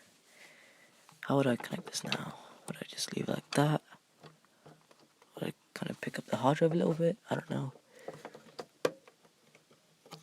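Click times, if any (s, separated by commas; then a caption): 8.8 s. Someone talks while lifting an IDE hard drive slightly and pushing its connector into a game console's expansion bay. One sharp click stands out at 8.9 s, among softer handling taps. The drive seats in the bay.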